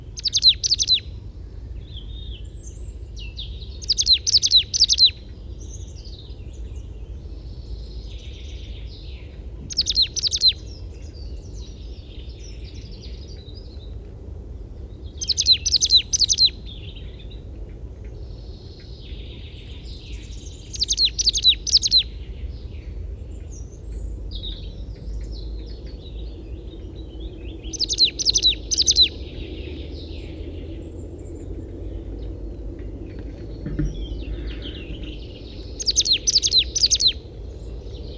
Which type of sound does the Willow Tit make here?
song